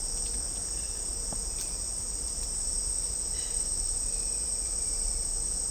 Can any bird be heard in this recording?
no